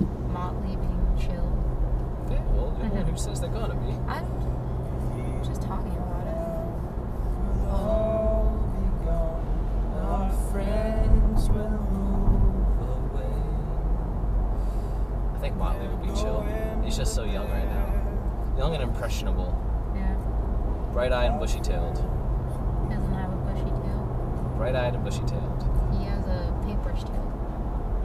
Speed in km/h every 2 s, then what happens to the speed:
66, 71, 74, 76, 76, 76, 77, 77, 79, 79, 81, 82, 85, 82.
0-5 speeds up to 76.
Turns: none.